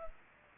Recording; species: mosquito wingbeat signal from an infrared sensor; Culex pipiens